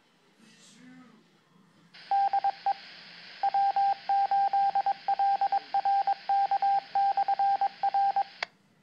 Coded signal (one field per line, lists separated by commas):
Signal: Morse code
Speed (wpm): 22 wpm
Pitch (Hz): 790 Hz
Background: speech, radio noise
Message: DE W8LRK/R